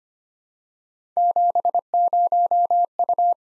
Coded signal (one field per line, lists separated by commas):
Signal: Morse code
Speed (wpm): 25 wpm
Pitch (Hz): 700 Hz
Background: none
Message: 70U